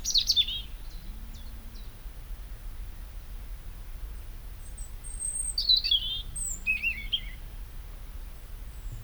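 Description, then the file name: European robin with two brief bursts of high, sparkling twittered notes separated by a long pause, a faint low hum rising and falling beneath. "Erithacus rubecula"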